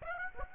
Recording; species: mosquito wingbeat signal from an infrared sensor; Aedes aegypti